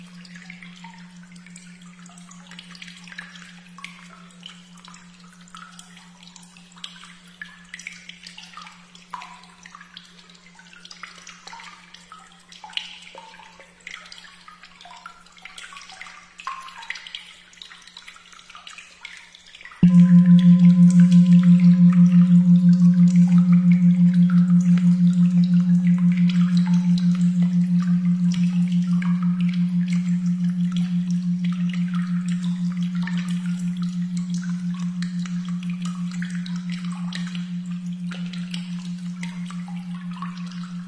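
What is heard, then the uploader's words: A 241.56 Hz tone hums steadily and quietly for the first twenty seconds under a faint, crackling hiss. Around the midpoint it jumps abruptly much louder, with thin higher overtones added, then fades slowly and evenly through the last twenty seconds. 241.56 Hz.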